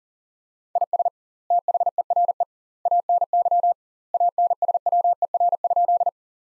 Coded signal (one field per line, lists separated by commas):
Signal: Morse code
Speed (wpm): 40 wpm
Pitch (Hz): 700 Hz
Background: none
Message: IS THERE ANY ANSWER?